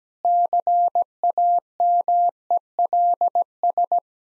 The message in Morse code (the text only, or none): CAMELS